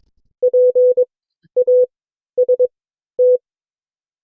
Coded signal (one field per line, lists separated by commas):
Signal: Morse code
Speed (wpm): 22 wpm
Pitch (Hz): 500 Hz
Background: none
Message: PAST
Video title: CW Class - Session 4 (2026-02-12)